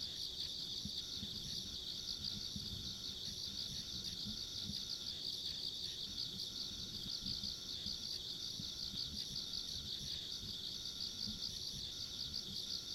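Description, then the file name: Insects chirring in a steady, dense chorus, a bright pulsing trill holding high without pause, with a fainter higher band and soft low rumble beneath. Ambient sound of insects along a rural country road. "田舎道の虫の環境音"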